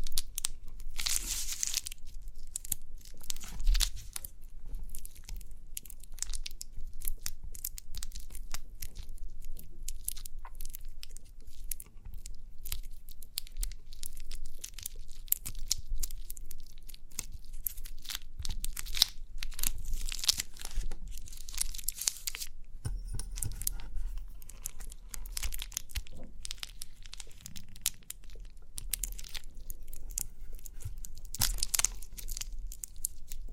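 Crinkly crackling and sticky tearing sounds come in dense, irregular bursts throughout, with a low rumble underneath.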